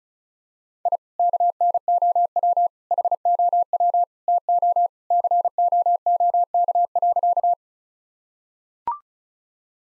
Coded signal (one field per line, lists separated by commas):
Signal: Morse code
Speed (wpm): 34 wpm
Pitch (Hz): 700 Hz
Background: none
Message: I KNOW HOW TO COOK.